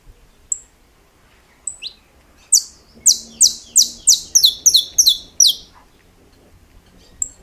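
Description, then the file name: Saffron finch singing a brisk series of bright, downward-sweeping notes that quicken into doubled chips, with a few faint single notes before and after. "Canto-do-Canário-da-Terra"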